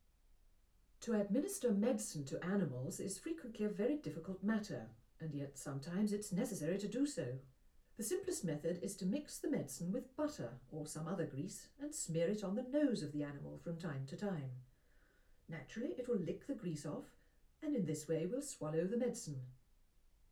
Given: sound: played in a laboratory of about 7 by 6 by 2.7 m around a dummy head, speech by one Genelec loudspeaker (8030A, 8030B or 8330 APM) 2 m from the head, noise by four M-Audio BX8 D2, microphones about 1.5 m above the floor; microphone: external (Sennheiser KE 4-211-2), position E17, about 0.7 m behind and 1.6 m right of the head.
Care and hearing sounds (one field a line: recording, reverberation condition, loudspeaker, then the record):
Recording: female speech in English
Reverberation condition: low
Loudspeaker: 120 degrees to the left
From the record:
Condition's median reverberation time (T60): about 310 ms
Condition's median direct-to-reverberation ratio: about 3.5 dB